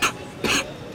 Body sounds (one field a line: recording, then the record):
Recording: coughing mixed with background sound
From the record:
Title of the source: 64 coughing, allergies, singing lungs